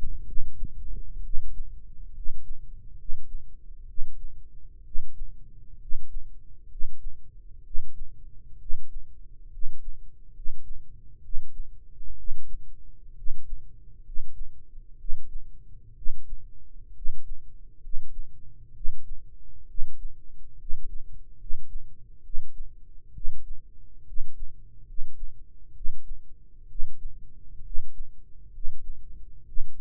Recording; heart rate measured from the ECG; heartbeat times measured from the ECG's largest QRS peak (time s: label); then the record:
heart sounds by microphone in the right ear; 66 bpm
0.21 s: heartbeat
1.19 s: heartbeat
2.09 s: heartbeat
2.93 s: heartbeat
3.83 s: heartbeat
4.80 s: heartbeat
5.75 s: heartbeat
6.65 s: heartbeat
7.60 s: heartbeat
8.55 s: heartbeat
9.47 s: heartbeat
10.29 s: heartbeat
11.18 s: heartbeat
12.13 s: heartbeat
13.11 s: heartbeat
13.99 s: heartbeat
14.94 s: heartbeat
15.91 s: heartbeat
16.90 s: heartbeat
17.77 s: heartbeat
18.70 s: heartbeat
19.63 s: heartbeat
20.54 s: heartbeat
21.34 s: heartbeat
22.19 s: heartbeat
23.10 s: heartbeat
24.01 s: heartbeat
24.82 s: heartbeat
25.70 s: heartbeat
26.64 s: heartbeat
27.59 s: heartbeat
28.48 s: heartbeat
29.42 s: heartbeat
From the record:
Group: healthy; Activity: cold pressor test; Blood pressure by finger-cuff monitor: 109/57 mmHg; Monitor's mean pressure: 67 mmHg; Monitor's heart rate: 65 bpm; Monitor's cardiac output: 7.3 L/min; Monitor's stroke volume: 111 mL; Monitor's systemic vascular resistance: 650 dyn s/cm5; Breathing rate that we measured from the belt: 16 breaths a minute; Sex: male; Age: 22 years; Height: 185 cm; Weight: 112.4 kg